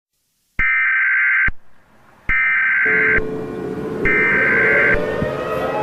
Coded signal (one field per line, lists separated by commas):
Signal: Emergency Alert System (SAME) tones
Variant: header bursts